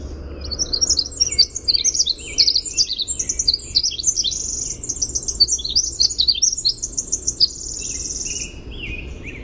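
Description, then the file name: Winter wren delivering an extended, bubbling song of rapid high notes and buzzy trills, one clear even trill near the end, then a few lower chips. "WIWR song"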